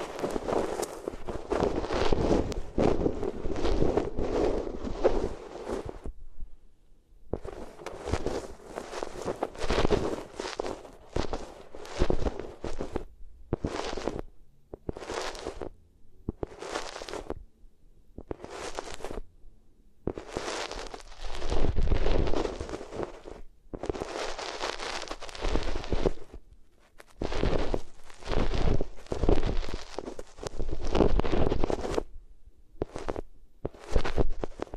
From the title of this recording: Rubbing Your Ears on Different Materials